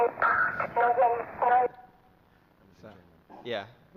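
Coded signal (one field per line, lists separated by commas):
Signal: numbers station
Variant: Swedish Rhapsody, German girl voice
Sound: three short, evenly spaced spoken words in a thin radio voice, then a man talking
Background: presenter talking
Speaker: we have another one this one's a bit more creepy it's called The Swedish Rhapsody yeah little German girl rattling off spy numbers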